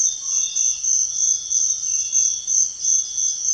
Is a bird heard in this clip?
no